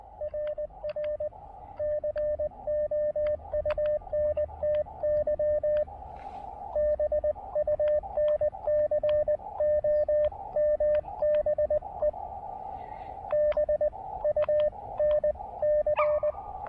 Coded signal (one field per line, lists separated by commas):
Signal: Morse code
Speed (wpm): 19 wpm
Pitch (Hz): 610 Hz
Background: radio noise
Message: RR COUNTY BUNCOMBE BUNC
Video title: A speedy QRP park activation with the Elecraft KX2 and AX1 at the BRP Folk Art Center!